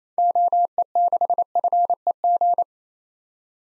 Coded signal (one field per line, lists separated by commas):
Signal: Morse code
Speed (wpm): 28 wpm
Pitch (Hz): 700 Hz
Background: none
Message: OE6FEG